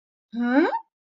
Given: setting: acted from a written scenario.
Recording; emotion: vocal sound without words; contempt